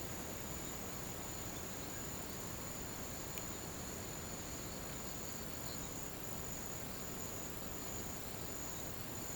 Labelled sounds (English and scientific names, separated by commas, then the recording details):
none
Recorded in pastures near Puerto Asís, Putumayo, Colombia, on 21 March 2025 at 08:30
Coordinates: 0.486, -76.323
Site G075